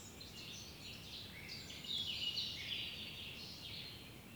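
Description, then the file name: Eurasian blackcap song: a varied, fast warble of high twittering notes, loudest around the middle, over a steady low background rumble. "Sylvia atricapilla"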